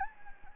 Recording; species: mosquito wingbeat signal from an infrared sensor; Anopheles gambiae